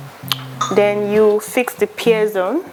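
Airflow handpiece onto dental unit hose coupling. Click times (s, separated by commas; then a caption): 0.3 s. An airflow dental handpiece is pushed gently onto its hose coupling on a dental unit and clicks into place with a sharp click at 0.3 s. Someone talks while music plays in the background.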